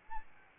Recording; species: mosquito wingbeat signal from an infrared sensor; Aedes albopictus